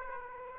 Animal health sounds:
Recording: mosquito wingbeat signal from an infrared sensor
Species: Aedes aegypti

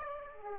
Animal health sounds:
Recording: mosquito wingbeat signal from an infrared sensor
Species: Aedes aegypti

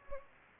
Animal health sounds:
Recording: mosquito wingbeat signal from an infrared sensor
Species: Anopheles gambiae

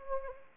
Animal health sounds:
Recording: mosquito wingbeat signal from an infrared sensor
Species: Anopheles arabiensis

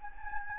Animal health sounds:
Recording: mosquito wingbeat signal from an infrared sensor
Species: Anopheles gambiae

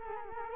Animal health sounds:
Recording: mosquito wingbeat signal from an infrared sensor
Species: Culex quinquefasciatus

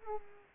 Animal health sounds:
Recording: mosquito wingbeat signal from an infrared sensor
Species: Culex pipiens

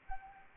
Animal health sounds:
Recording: mosquito wingbeat signal from an infrared sensor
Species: Anopheles arabiensis

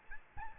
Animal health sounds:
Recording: mosquito wingbeat signal from an infrared sensor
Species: Aedes albopictus

